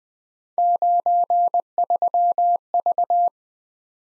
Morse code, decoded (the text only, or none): 93V